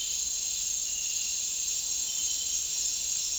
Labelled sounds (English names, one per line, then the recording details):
none
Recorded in dense forest near Puerto Asís, Putumayo, Colombia, on 21 March 2025 at 08:30
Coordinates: 0.499, -76.324
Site GP03